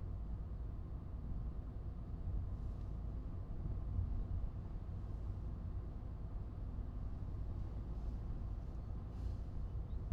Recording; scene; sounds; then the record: everyday scene through a hearing-aid microphone; in a vehicle; engine, traffic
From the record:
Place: Skoda Fabia, gasoline engine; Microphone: in the ear canal, right